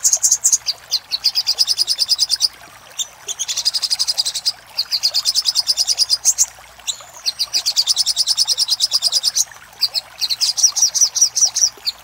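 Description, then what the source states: Little spiderhunter singing long runs of fast, evenly pulsed high chips that merge into buzzy trills, with brief gaps between runs. Master recording for training cage birds, Labaik style.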